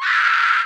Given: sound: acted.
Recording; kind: vocal sound; scream